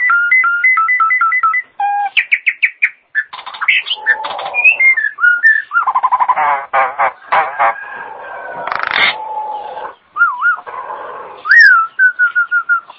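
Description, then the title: Nias hill myna calls: a fast repeated two-note whistle, then clicks, buzzy rattles, harsh notes and rising whistled slurs, ending with a short repeated whistle. "Jalak Nias"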